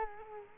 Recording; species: mosquito wingbeat signal from an infrared sensor; Culex quinquefasciatus